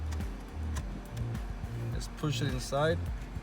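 A second metal radio removal key is being pushed into the slot beside the car radio on a Volkswagen Jetta, to latch onto the radio's retaining clip. Someone talks over faint background music and light handling noise. The clip ends before the key goes home, and nothing has clicked or seated yet.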